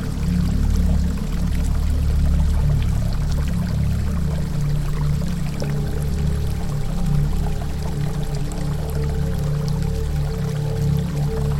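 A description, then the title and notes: A river stream rushes in a steady, dense wash, heavy in the low rumble with a fine splashing hiss above it. Level holds constant throughout. From about halfway, a faint steady hum joins underneath and continues to the end. Relaxing River Stream Sounds - Peaceful Forest River.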